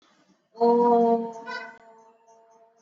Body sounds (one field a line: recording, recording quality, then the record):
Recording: sustained vowel as in boot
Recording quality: excellent, no background noise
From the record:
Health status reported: exposed to COVID-19, no respiratory illness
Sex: female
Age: 54 years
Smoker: no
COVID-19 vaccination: both doses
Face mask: not worn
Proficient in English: yes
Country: India